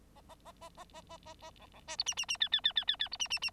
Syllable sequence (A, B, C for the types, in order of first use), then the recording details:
A A A A A A A A A B B C D E E E F F F F F F D E E E. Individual Bird9